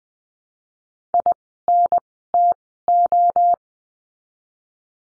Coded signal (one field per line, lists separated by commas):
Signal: Morse code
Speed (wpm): 20 wpm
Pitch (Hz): 700 Hz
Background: none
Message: I N T O